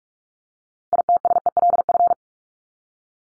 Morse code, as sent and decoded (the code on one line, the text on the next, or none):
.. - ... . .-.. ..-.
ITSELF